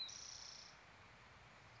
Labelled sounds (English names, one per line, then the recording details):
Spotted Towhee
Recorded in Sonoma County, California